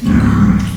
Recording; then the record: squeal of a Yucatan mini pig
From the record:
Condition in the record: after surgery on the right vocal fold (resection and tissue-engineered implant); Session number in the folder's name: 17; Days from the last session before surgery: 195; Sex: female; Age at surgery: 19 weeks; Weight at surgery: 25 kg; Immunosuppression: prednisolone